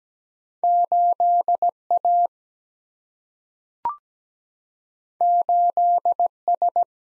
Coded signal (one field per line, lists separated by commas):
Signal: Morse code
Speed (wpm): 17 wpm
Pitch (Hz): 700 Hz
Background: none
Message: 8 A 8 S